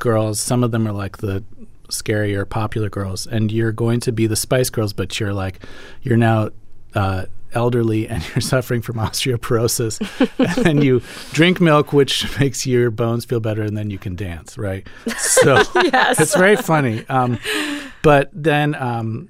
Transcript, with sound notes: Some of them are, like, the scarier popular girls. And you're going to be the Spice Girls, but you're, like - you're now elderly, and you're suffering from osteoporosis. And you drink milk, which makes your bones feel better. And then you can dance, right?
(LAUGHTER)
Yes.
So it's very funny. But then,